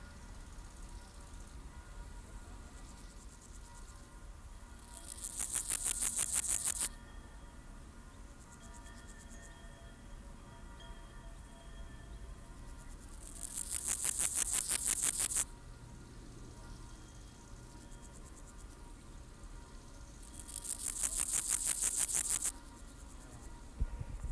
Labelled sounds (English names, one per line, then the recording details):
Meadow Grasshopper stridulation
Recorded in the wild
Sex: male
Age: imago
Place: Tüchersfeld, Fränkische Schweiz, Bayern, DE
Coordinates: 49.72, 11.07
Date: 1995-09-05 11:51
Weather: wechselnd, sonnig, 15,2°C
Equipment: Nagra SN, Sennheiser ME 80, Kopie Uher 4000 Report Monitor
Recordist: Tembrock, Günter
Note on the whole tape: Strophen - in Sonne